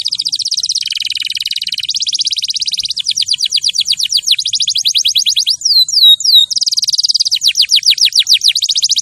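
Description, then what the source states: Canary song made of continuous fast trills and rolls, shifting pitch between tours, with a few sharp falling whistles near the middle. Champion canary song used as a master recording for training other birds.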